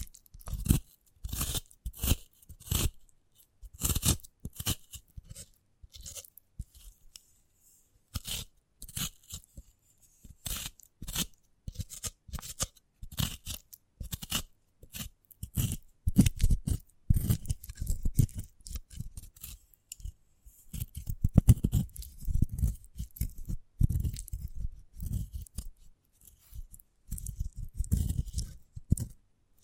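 Crisp crunching and biting of a sprouted coconut, dense irregular bursts throughout, with heavier low chewing thumps after about twenty seconds.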